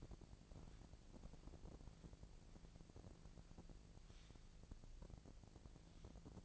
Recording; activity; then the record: daily activity, microphone in the room; walk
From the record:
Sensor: 5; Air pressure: 1012.3 hPa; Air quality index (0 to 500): 154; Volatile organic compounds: 2 ppm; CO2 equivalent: 1058 ppm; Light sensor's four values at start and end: 337/810/346/386 and 342/822/351/392